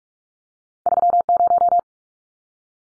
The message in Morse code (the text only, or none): 30